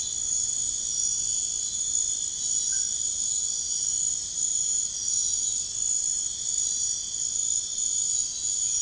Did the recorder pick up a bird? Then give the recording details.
no. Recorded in pastures near Puerto Asís, Putumayo, Colombia, on 21 March 2025 at 02:30. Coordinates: 0.502, -76.324. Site GP07